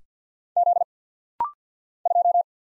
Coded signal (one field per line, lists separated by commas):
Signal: Morse code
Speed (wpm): 50 wpm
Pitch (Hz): 700 Hz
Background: none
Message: Z 2